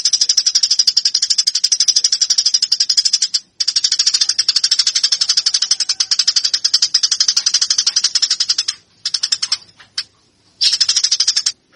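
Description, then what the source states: Eurasian tree sparrow chatters in long, fast runs of harsh chirps, broken by a few short silences before a final burst. Fighting-style (tarung) call.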